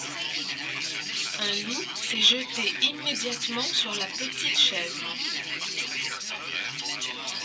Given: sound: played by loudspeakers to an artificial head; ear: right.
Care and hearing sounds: speech in noise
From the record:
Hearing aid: class 2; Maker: A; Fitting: closed earmoulds, the maker's default for a moderate loss (N3)

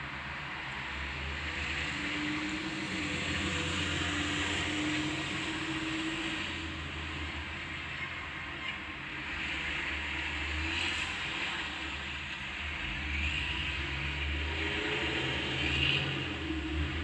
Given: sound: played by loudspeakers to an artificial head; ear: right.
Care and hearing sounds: road traffic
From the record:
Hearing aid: class 2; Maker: E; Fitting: closed earmoulds, the maker's default for a moderate loss (N3)

